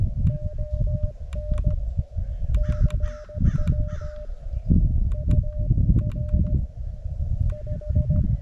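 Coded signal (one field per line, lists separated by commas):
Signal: Morse code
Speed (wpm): 16 wpm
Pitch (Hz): 590 Hz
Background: none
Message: ON CW UR 5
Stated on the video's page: Morse from a POTA park activation at 10 watts, reaching Europe, Mexico and Canada, with over 50 contacts.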